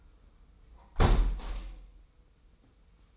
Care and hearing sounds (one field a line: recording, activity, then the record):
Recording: daily activity, microphone in the room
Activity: close window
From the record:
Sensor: 1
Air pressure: 990.3 hPa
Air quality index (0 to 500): 172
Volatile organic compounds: 1000 ppm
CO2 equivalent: 6326 ppm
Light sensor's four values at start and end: 22/49/21/23 and 21/48/21/22